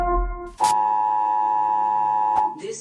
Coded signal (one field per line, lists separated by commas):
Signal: Emergency Alert System (SAME) tones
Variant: 853 and 960 Hz attention tone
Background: music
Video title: Wales eas alarm 1988